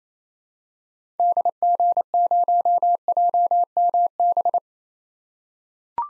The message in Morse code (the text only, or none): DG0JMB